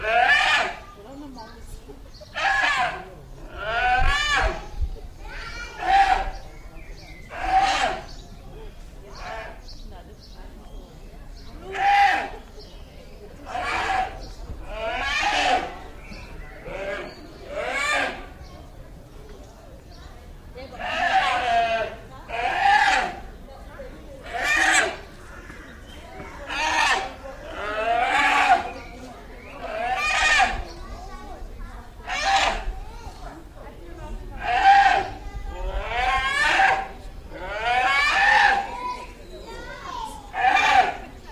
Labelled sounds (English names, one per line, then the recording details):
Polar Bear call
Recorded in captivity
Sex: male
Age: juvenile
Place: Zoo Berlin, Berlin, DE
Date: 2007-06-07 16:30
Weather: slightly overcast, ca. 30°C
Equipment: Sony WM-D6C, Sennheiser ME 80
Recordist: Tembrock, Günter